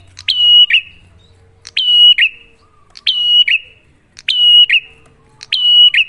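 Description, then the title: Bar-winged prinia repeating a high steady whistle with a buzzy end, five phrases spaced about a second and a quarter apart. Prenjak lure (pancingan) recording, a duet of Cililin versus Kapas Tembak birds, singing actively (gacor) with a clear voice, to make listeners' own prenjak sing better. "Masteran Duet Cililin Vs Kapas Tembak. Pancingan Prenjak Gacor Suara Jernih"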